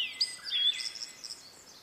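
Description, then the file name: Blue-and-white flycatcher song, one brief phrase of high thin whistles sliding and fading away. "oruri"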